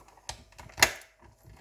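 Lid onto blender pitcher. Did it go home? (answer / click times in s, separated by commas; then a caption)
yes / 0.8 s. A plastic lid is pressed down onto the pitcher of a Ninja Blender Auto IQ. A few soft taps and rustles come first, near 0.3 and 0.6 seconds, then a sharp click-like hit at 0.8 seconds. The lid seats into place.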